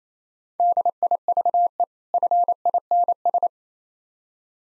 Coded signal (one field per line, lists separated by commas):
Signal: Morse code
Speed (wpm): 28 wpm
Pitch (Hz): 700 Hz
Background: none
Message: DIVE FINS